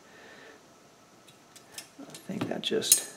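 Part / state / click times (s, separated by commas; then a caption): retaining clip onto A/C heater box housing / not seated / none. A retaining clip is handled and pushed onto the back side of the A/C heater box of a 1987 Olds 442 G-body during seal-kit reassembly, to hold a seal or flange down. Someone talks while faint handling taps and small clicks near 1.6, 1.8 and 2.2 seconds give way to louder rustling and scraping toward the end. Nothing has seated or clicked into place yet.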